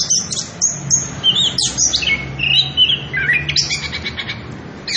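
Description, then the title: Orange-headed thrush song, high whistles and short trills running together, over a noisy low background. Recording used as a lure and master song for training young birds; continuous rolling song ('ngerol'), very loud. "Anis Kembang Gacor. pancingan anis kembang ngerol edan volume dasyattt cocok buat masteran trotolan"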